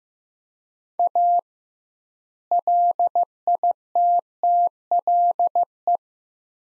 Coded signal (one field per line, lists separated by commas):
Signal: Morse code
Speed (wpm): 15 wpm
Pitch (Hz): 700 Hz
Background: none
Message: A LITTLE